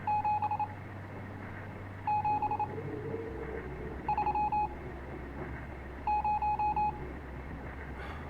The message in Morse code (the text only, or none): 7730